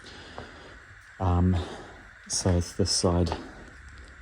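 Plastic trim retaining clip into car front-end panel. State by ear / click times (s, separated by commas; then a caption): seated / 0.4 s. A plastic trim retaining clip is pushed home into the front-end panel of a W211 E63 and locks into place, with a single short, sharp click at 0.4 s. Someone talks afterward, and the clip is seated securely.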